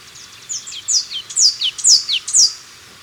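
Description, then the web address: Blue-and-yellow Tanager calls: a run of high, sharp descending chirps, roughly two per second. Recorded in Ecuador. "Birds of Ecuador. Blue-And-Yellow Tanager"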